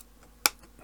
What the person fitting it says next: There we go. That's clicked into place.